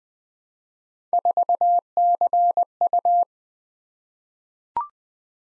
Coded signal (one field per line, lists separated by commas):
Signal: Morse code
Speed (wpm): 20 wpm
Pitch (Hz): 700 Hz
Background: none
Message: 4CU